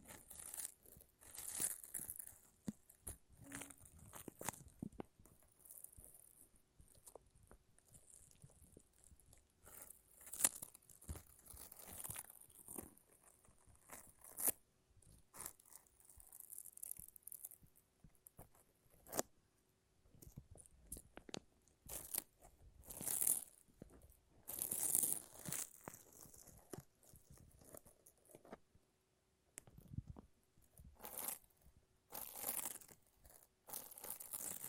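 Sticky peeling sounds of a lint roller and tape, heard as bursts of crackling, crinkling rips with short quiet gaps between them. The tearing comes in irregular clusters throughout, with sharper, brighter strips around the middle and near the end.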